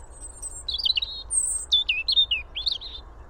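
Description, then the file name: European robin song, a thin, high whistle leading into rapid, varied twittering and descending warbled notes, ending in a short warbled phrase. "Erithacus rubecula"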